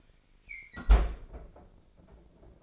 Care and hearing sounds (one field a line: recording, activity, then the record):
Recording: daily activity, microphone in the room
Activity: close fridge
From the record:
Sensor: 5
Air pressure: 995.4 hPa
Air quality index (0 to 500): 96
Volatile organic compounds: 5 ppm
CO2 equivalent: 1825 ppm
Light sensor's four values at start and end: 33/79/32/31 and 32/77/31/31